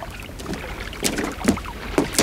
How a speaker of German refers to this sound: Eilig ruderten wir auf unserem Floß hinüber, voller Hoffnung, noch etwas für uns Brauchbares retten zu können.